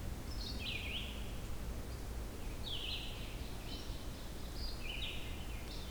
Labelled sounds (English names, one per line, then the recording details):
Red-eyed Vireo song
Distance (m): 65 m
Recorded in boreal forest in Alberta, Canada, on 16 June 2016 at 06:23
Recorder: SongMeter 3, array SBT-3-32
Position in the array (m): 44 m, 16 m